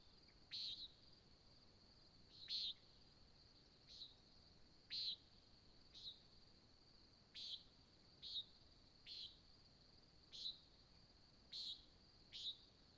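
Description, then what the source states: Nighthawk repeating buzzy, nasal single-note calls, about a dozen in thirteen seconds at uneven intervals, over a constant high whine. Recorded in 2017 at Sutton in July, at dawn; described as a nighthawk competition.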